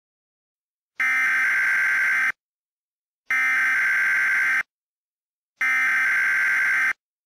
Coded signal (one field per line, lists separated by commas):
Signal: Emergency Alert System (SAME) tones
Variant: header bursts